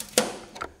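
A stubby flathead screwdriver turns a quarter-turn fastener held in the spring clip of a race car body panel to undo it. A sharp, bright click lands at 0.2 s, followed by a fainter tick at 0.6 s. The fastener releases and pops open.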